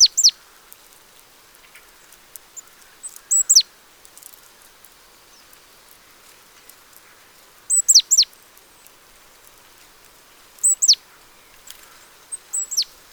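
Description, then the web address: Great tit calls: high thin notes, each opening with a brief high tone and sweeping sharply down, in pairs repeated several times. "pub SETE data Parus major"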